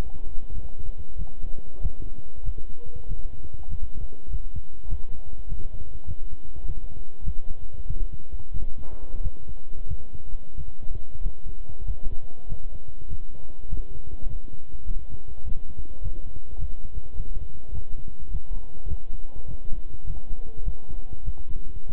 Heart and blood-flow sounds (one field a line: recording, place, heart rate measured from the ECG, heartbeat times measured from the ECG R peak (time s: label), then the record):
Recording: heart sounds by stethoscope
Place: between the tricuspid and mitral areas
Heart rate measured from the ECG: 98 bpm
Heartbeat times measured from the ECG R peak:
0.52 s: heartbeat
1.16 s: heartbeat
1.80 s: heartbeat
2.43 s: heartbeat
3.06 s: heartbeat
3.68 s: heartbeat
4.29 s: heartbeat
4.87 s: heartbeat
5.47 s: heartbeat
6.05 s: heartbeat
6.64 s: heartbeat
7.23 s: heartbeat
7.86 s: heartbeat
8.51 s: heartbeat
9.21 s: heartbeat
9.86 s: heartbeat
10.55 s: heartbeat
11.21 s: heartbeat
11.84 s: heartbeat
12.47 s: heartbeat
13.08 s: heartbeat
13.67 s: heartbeat
14.26 s: heartbeat
14.85 s: heartbeat
15.44 s: heartbeat
16.01 s: heartbeat
16.58 s: heartbeat
17.15 s: heartbeat
17.72 s: heartbeat
18.29 s: heartbeat
18.87 s: heartbeat
19.46 s: heartbeat
20.05 s: heartbeat
20.63 s: heartbeat
21.23 s: heartbeat
21.86 s: heartbeat
From the record:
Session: walking at 3.7 km/h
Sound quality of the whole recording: good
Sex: male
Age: 26 years